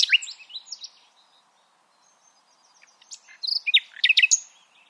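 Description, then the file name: Common nightingale song, sharp chirping phrase, a quiet thin whistle, then a loud jumbled burst of high notes. "Luscinia megarhynchos"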